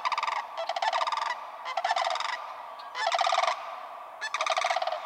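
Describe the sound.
Sandhill crane bugling, loud rolling rattles delivered in five bursts with brief pauses between them.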